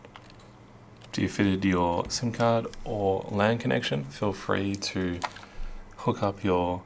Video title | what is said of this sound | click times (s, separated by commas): AN1912 start-up guide - Adding a new device | and just pop it in right here you hear click as well just like that | 0.2 s